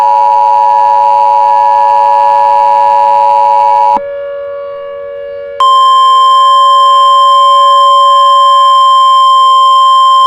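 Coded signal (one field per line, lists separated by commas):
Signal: Emergency Alert System (SAME) tones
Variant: 853 and 960 Hz attention tone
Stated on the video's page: Valid EAS tones in a fictional volcano scenario.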